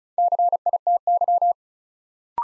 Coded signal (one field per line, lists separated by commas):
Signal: Morse code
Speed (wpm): 36 wpm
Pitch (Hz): 700 Hz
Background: none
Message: CITY